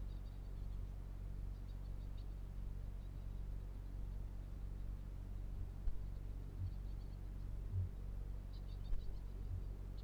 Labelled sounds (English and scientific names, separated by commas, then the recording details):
Kākāpō (Strigops habroptilus) boom
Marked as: faintness 5/5, faintness 3/5
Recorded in New Zealand
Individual Felix